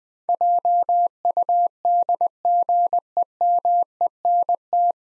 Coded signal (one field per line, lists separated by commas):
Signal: Morse code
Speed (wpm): 21 wpm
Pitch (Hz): 700 Hz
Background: none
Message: JUDGEMENT